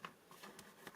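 A rugged plastic/TPU TONGATE Mech MagSafe case is fitted onto a Samsung Galaxy S26 Ultra, its corner lips popping in around the phone after the button side has been slid in. Short sharp snaps are heard at 0.1 s, 0.6 s and 0.9 s as the corners seat in place.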